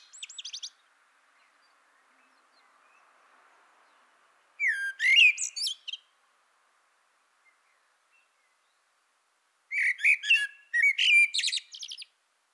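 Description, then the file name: Common blackbird singing in three short bursts a few seconds apart, the last two each a low fluting note trailing into high, scratchy twitters; quiet pauses between. "Turdus merula"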